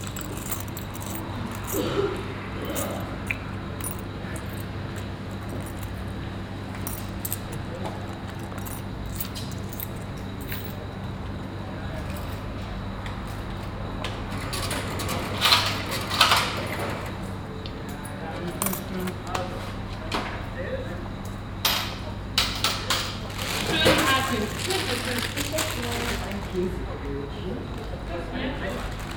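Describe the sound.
Shop counter ambience at a bakery on Huyssenallee in Südviertel, Essen, Germany: a steady low hum of equipment under murmured conversation as customers order and pay, with scattered clinks of coins and small clattering bursts now and then.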